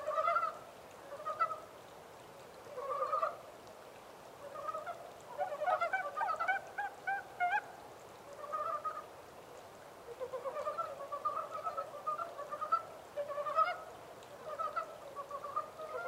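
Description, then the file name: Montane brown frog croaking, rattling pulsed notes in bursts, a denser busy spell midway, then steady calling toward the end. 14 April 2010. "yamaakagaeru-20100414"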